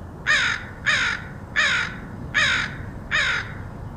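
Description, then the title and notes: Crow calling with five evenly spaced hoarse caws over a soft low rumble. Crows recorded in Portland, Oregon, August 2003. "Crows of Portland. Crows recorded by Dan Bodah in Portland, OR, August 2003"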